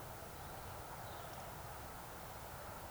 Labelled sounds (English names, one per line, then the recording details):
Eurasian Woodcock whistle
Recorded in Baden-Württemberg, Germany, on 26 June 2021 at 19:48 UTC
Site 45499, 200 m above sea level